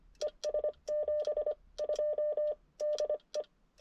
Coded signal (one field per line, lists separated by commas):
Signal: Morse code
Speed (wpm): 22 wpm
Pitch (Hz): 600 Hz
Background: none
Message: ES 72 DE